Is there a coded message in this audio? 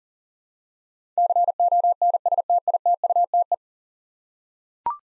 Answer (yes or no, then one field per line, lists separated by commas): yes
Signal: Morse code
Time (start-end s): 1.2-3.5 s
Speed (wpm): 40 wpm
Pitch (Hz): 700 Hz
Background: none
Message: CONSTITUTE